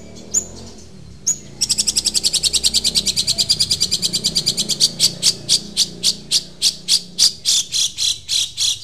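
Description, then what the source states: Long-tailed shrike song: two short whistles, then a fast, buzzy rattle of harsh notes that gradually slows toward the end. Long-tailed shrike, known locally as cendet, singing in the song style called "super tembak".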